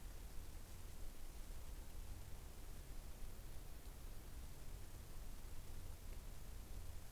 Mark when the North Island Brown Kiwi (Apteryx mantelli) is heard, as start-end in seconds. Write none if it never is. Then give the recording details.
none. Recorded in New Zealand on 21 November 2014. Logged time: 01:28. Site CL78